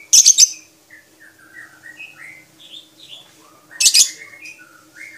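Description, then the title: Lovebird giving two loud bursts of harsh squeaks, with softer warbling whistles sliding up and down between and after them. Champion lovebird with a clear voice; masteran recording used for training other songbirds. "MASTERAN BURUNG 2. Kicau Suara Burung Lovebird Juara Suara Bening"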